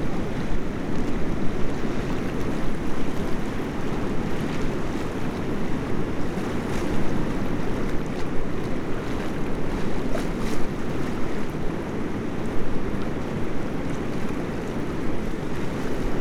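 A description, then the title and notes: Water rushes steadily under a bridge in a dense, low roar with a busy churning texture, plus faint crackles and brief brighter splashes. Water Rushing Under the Bridge.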